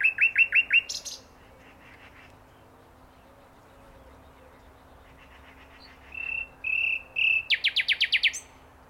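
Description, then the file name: Common nightingale song: a rapid series of loud repeated notes, a long pause, then drawn-out whistles leading into a fast series of sharp notes. "Luscinia megarhynchos"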